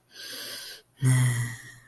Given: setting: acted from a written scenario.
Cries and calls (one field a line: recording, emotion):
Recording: vocal sound without words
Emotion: guilt